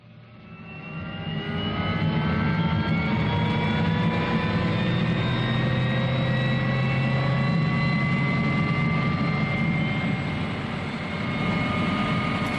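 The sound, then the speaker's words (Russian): A helicopter's engine and rotor spin up as it lifts off and a chain fastened to its wheel pulls taut and snaps, a loud, steady roar swelling over the first couple of seconds while a layered turbine whine slowly climbs in pitch. No voices. “Винт начинает вращаться, вертолет поднимается, цепь натягивается и рвется.”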